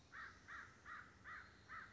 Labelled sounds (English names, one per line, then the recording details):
American Crow
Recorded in Sonoma County, California